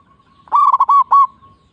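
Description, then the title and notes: Zebra dove cooing song: one quick phrase of bubbly, rolling coos, loud and clear, with a faint steady tone before and after. Local strain, singing actively, with a loud, clear, crystal-like voice. "PERKUTUT LOKAL GACOR Suara KRISTAL LANTANG. Kicau Burung Perkutut"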